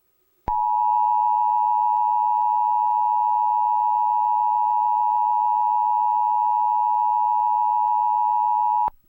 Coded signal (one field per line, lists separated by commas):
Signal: Emergency Alert System (SAME) tones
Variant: 853 and 960 Hz attention tone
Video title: EAS Scenario: The Angels Fell Victim